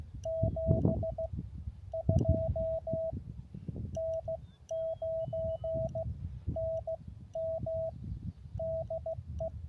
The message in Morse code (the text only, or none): 72 N9NM DE